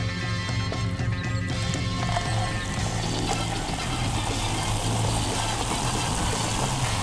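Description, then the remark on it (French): A carbonated drink just poured into a glass fizzes steadily, a dense, crackling hiss of tiny popping bubbles that stays at an even loudness throughout, over a low, constant hum. “Et ça pétille sur un méchant temps, ça. Entendez-vous?”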